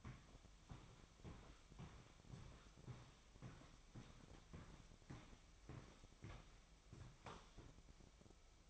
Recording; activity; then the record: daily activity, microphone in the room; walk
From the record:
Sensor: 1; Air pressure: 1001.7 hPa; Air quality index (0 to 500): 221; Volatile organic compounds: 30 ppm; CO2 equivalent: 2955 ppm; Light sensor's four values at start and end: 10/33/12/14 and 10/34/12/14